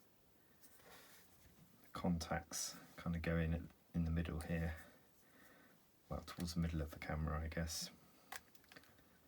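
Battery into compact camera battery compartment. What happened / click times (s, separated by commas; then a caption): The battery is being handled but has not clicked home yet / none. A small lithium battery is handled at the battery compartment of a Canon IXUS 80 IS compact digital camera, which has a plastic retaining latch, while someone talks. Faint handling taps come near the end, but the battery has not yet seated or clicked into place.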